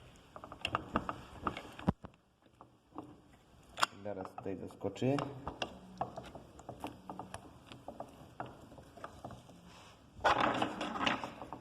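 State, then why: Not seated. A steel gear or shaft part is lifted slightly and inserted into the transmission during gearbox assembly on a Minarelli AM6 motorcycle engine. Sharp metallic clinks and ratcheting handling sounds are heard, with a louder burst of rattling near the end, while someone talks. Nothing has seated or clicked into place yet.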